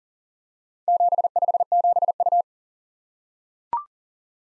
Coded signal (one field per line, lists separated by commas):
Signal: Morse code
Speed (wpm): 43 wpm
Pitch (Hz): 700 Hz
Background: none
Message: 757U